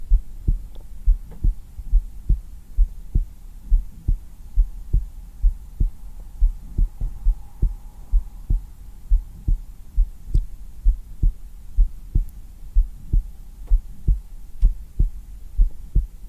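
Steady, deep lub-dub thumps at about 65–70 beats a minute over a faint low hum; an ordinary, calming adult heartbeat heard directly on bare skin through a black 3Dio binaural microphone.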